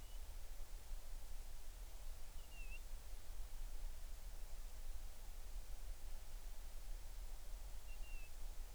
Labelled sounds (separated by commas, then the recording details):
bird
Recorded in the Arctic National Wildlife Refuge, Alaska, on 20 July 2019 at 02:32
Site 38